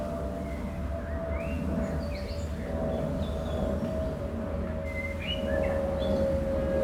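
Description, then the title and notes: Birds chirping in short scattered high notes over a steady low hum and drone, with a faint tonal whine throughout. Birds at a canola field on a mild late spring afternoon in Schuir, Essen, Germany. "Schuir, Essen, Deutschland - essen, canola field, bees, birds and plane. An einem Rapsfeld an einem milden Frühlingsspätnachmittag. Der Klang von Bienen in den Rapsblüten, das Zwitschern von Vögeln und ein Flugzeugüberflug. Projekt - Stadtklang//: Hörorte"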